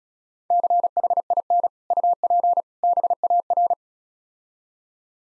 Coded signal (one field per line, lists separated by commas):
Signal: Morse code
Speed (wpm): 34 wpm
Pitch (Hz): 700 Hz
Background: none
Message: CHIN UP BAR